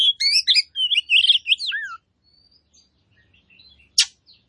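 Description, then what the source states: Oriental magpie-robin giving a two-second burst of warbled whistles ending in a falling slur, followed by near silence and one sharp click. Kacer poci variety, singing vigorously (gacor).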